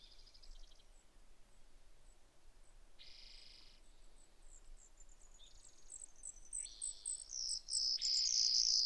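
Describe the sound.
Brewer's sparrow song: faint, buzzy trills over steady background hiss, growing louder toward the end with a bright high trill.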